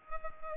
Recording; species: mosquito wingbeat signal from an infrared sensor; Culex pipiens